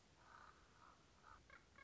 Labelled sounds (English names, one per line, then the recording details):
Common Raven
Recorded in Sonoma County, California